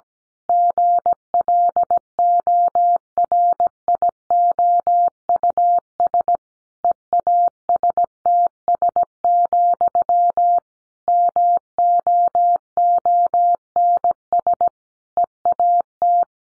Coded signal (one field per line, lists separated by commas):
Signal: Morse code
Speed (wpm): 17 wpm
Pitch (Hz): 700 Hz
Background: none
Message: GLORIOUS EASTS, MOONS EAT